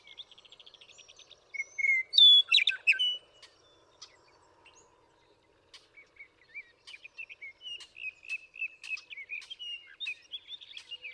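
Western meadowlark song, a brief flutelike phrase ending in a liquid gurgle, followed by a long run of busy chattering and twittering.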